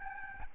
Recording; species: mosquito wingbeat signal from an infrared sensor; Aedes albopictus